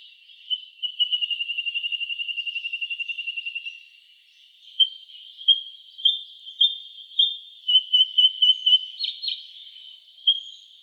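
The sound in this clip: White-throated honeyeater calling: a rapid run of high, thin notes, then spaced sharp piping notes and brief clusters, on a quiet background.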